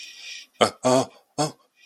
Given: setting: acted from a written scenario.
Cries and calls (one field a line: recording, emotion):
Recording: vocal sound without words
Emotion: fear